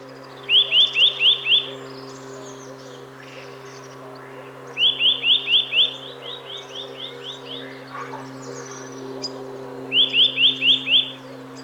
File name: Sitta europaea